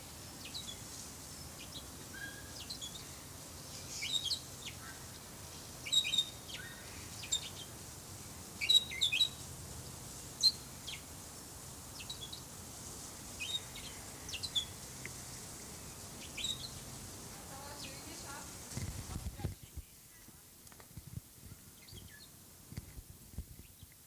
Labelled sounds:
Bourke's Parrot (Neopsephotus bourkii) call

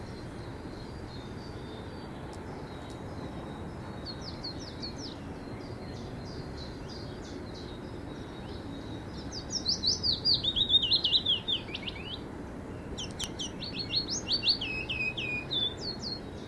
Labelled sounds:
Willow Warbler (Phylloscopus trochilus)

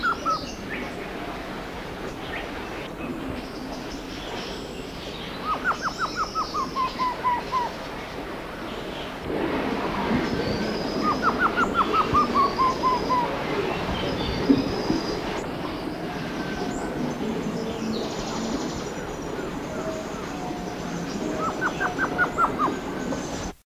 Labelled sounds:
Diard's Trogon (Harpactes diardii) call

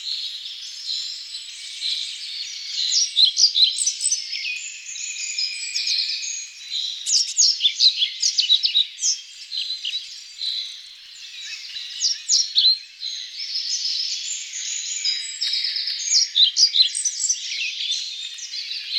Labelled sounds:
European Pied Flycatcher (Ficedula hypoleuca) song

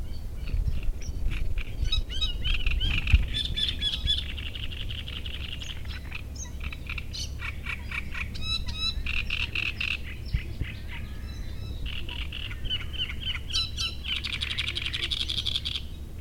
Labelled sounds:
Great Reed Warbler (Acrocephalus arundinaceus)

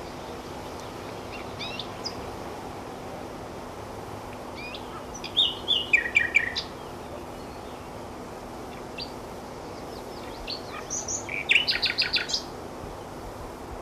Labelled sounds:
Common Nightingale (Luscinia megarhynchos) song

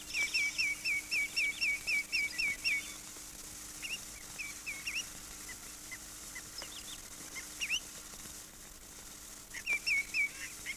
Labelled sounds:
Common Greenshank (Tringa nebularia) call

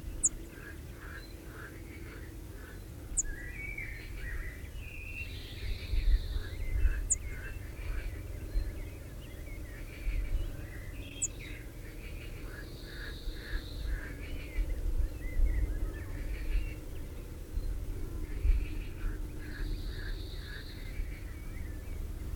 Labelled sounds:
Cirl Bunting (Emberiza cirlus) call

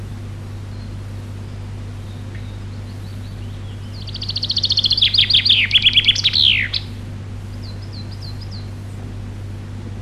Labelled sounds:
Common Chaffinch (Fringilla coelebs) song

